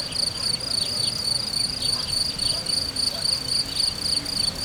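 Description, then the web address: Crickets chirp in a shrill, rapidly pulsed trill, steady and unbroken, over a soft low background hum. Recorded in nature at Hortobágy in 2014. "tucsok. hortobagy"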